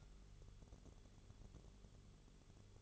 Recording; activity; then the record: daily activity, microphone in the room; light on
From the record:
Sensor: 4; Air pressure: 1008.6 hPa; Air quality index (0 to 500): 95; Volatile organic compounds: 1 ppm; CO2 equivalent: 718 ppm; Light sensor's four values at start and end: 13/30/12/12 and 14/32/13/13